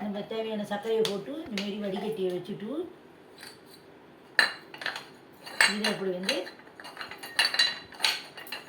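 Someone talks while a strainer is set in the bowl of a manual citrus juicer and the next part is fitted onto the machine, with metal and dish-like clinks. The sharpest knock comes at about 4.4 s, with more clinks around 4.7–4.9 s and 7.0–8.1 s. The clip ends before the part goes home, and nothing has seated or clicked yet.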